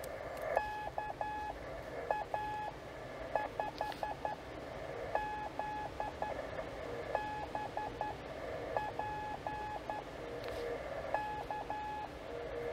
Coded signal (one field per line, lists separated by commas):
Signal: Morse code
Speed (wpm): 11 wpm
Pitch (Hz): 850 Hz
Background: none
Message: KA5ZBP K